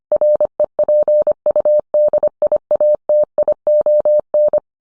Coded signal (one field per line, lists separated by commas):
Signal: Morse code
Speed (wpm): 25 wpm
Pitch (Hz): 600 Hz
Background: none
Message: REPUDIATION